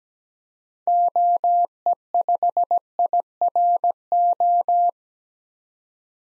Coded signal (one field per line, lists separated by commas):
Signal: Morse code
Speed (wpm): 17 wpm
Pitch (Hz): 700 Hz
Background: none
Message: OE5IRO